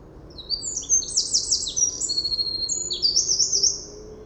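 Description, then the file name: Eurasian wren singing a loud, high-pitched outburst of quick trills and piercing notes, running for around three seconds without pause, with soft low rumble underneath. "Troglodytes troglodytes"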